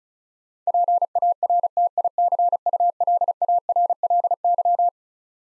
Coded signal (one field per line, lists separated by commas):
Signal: Morse code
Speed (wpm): 36 wpm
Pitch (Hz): 700 Hz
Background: none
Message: PARTICULARLY